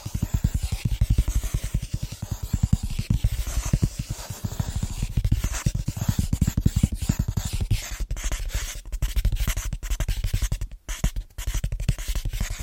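Fast, rhythmic tapping on different surfaces runs through the whole clip, dense and steady, with mostly low, knocking taps. Lighter, scratchier strokes mix in throughout. Around eleven seconds the tapping breaks off briefly before resuming.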